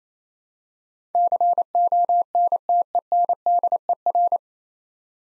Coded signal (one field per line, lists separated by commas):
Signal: Morse code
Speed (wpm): 28 wpm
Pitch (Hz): 700 Hz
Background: none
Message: CONTENDER